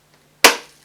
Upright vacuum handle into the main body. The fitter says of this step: pressing down firmly until you hear a click so